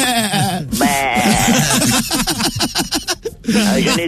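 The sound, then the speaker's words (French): A voice imitates goats bleating, giving wavering, quavering cries at the start and again near the end, with choppy, laughing vocal sounds in between. “C'est les chèvres.”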